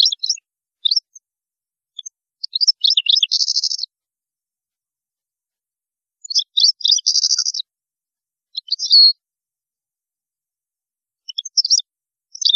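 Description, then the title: European goldfinch song: twittering phrases, two of them ending in dense buzzy trills, with pauses between them. "Chant Chardonneret"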